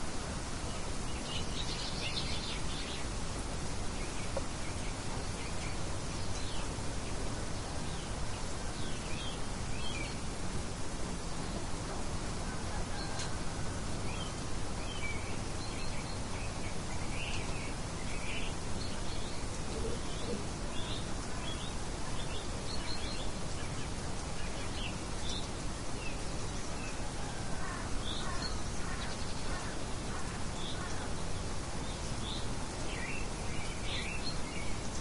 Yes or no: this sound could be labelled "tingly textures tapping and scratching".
no